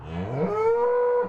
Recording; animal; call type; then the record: contact call of a hoofed animal; cattle; low-frequency (closed-mouth) or high-frequency (open-mouth) call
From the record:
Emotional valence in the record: negative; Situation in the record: full separation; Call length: 1.29 s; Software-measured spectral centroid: 930 Hz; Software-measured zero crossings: 990 a second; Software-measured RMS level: -24 dBFS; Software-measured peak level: -13 dBFS